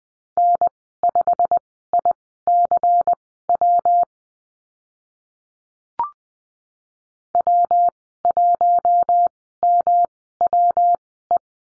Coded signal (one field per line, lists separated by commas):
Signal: Morse code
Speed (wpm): 20 wpm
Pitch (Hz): 700 Hz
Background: none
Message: N5ICW W1MWE